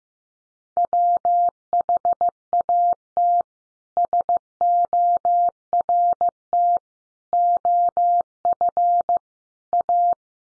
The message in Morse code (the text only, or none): WHAT SORT OF A